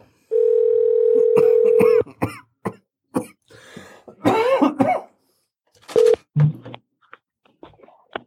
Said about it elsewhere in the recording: We're all just hacking off our lungs here. Everyone start coughing at once.